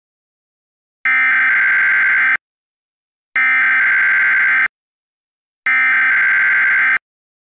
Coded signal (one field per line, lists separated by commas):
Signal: Emergency Alert System (SAME) tones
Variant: header bursts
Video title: top 10 emergency alert system alerts you never wanna see